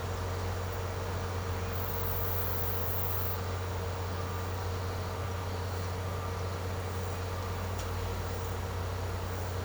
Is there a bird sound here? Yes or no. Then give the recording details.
no. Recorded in secondary vegetation near Puerto Asís, Putumayo, Colombia, on 19 March 2025 at 12:00. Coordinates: 0.468, -76.324. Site G059